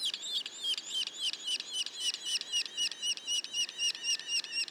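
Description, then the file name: Yellow-bellied sapsucker young producing sharp, down-slurred squeaky notes repeated at a quick, even pace. Juveniles; Mont-Orford National Park, Quebec. "pic macule. parc national du mont orford"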